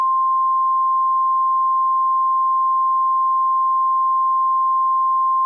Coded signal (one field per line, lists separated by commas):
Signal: Emergency Alert System (SAME) tones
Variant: 1050 Hz attention tone